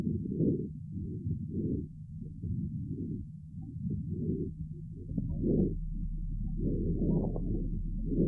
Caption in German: Alter nimmt die Lautstärke der Lungengeräusche beim gesunden Fohlen, insbesondere bei der Expiration, deutlich ab bei einem 4 Monate alten Fohlen dokumentiert.